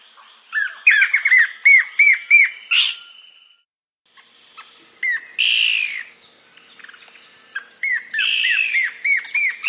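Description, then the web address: Blackish antbird singing runs of quick looping whistled notes, pausing briefly, then resuming with a long falling whistle and more rapid notes. South America. "Natures Songs S America Blackish Antbird"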